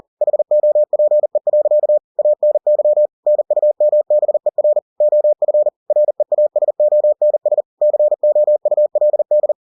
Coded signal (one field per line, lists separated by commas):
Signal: Morse code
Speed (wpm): 40 wpm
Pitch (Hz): 600 Hz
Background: none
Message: HOPE. ANY NUMBER OF REASONS COULD